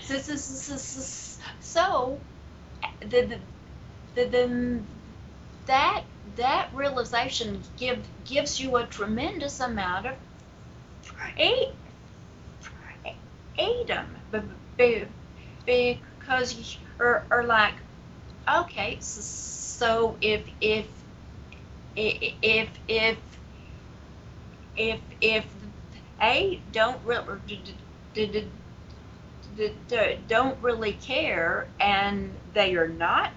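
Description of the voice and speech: Adult woman's speech with repeated words and sounds, stretched sounds and silent blocks: stuttering, a fluency disorder.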